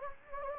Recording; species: mosquito wingbeat signal from an infrared sensor; Anopheles gambiae